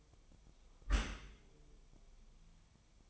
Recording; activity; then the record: daily activity, microphone in the room; close dishwasher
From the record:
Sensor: 1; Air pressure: 1004.8 hPa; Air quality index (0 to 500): 108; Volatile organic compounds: 3 ppm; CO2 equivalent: 1492 ppm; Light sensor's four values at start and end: 9/22/8/9 and 9/22/8/9